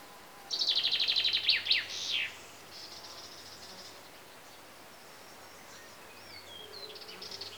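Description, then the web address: Common chaffinch song: a bright trill of repeated notes descending into a short flourish, lasting about two seconds, followed by faint high calls. Several chaffinches recorded in Greece together with insects. "BBC Sound Effects Library Greece Birds (Chaffinches) And Insects"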